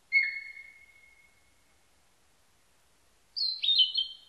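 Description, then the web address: Narcissus flycatcher song: a long pure whistled note, silence, then a short warbled phrase of overlapping high tones. Recorded 21 May 1999. "1999 990521 kibitaki"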